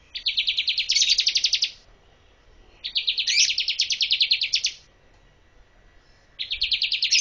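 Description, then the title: Bar-winged prinia giving fast, high, evenly repeated ticking notes in bursts of about two seconds, separated by brief silences. Female. "Burung Ciblek Betina"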